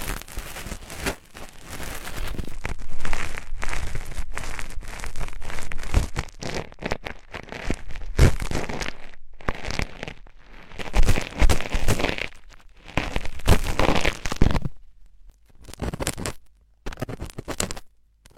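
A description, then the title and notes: Ear cleaning: dense crackling and scratchy rustling fill the clip in irregular bursts, bright and gritty, with crinkling textures that come and go. Short silent gaps break it up, more often after about fourteen seconds, where the scraping turns into separate clusters. Penetrating ear cleaning.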